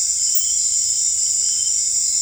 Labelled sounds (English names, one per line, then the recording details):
none
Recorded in dense forest near Puerto Asís, Putumayo, Colombia, on 21 December 2024 at 18:30
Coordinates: 0.485, -76.318
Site GP03